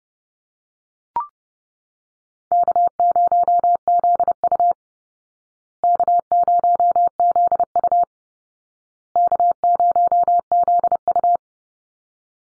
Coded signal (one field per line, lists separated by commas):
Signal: Morse code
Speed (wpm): 30 wpm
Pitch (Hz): 700 Hz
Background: none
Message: K0ZU K0ZU K0ZU